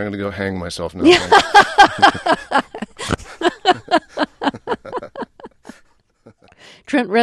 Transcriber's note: soundbite of laughter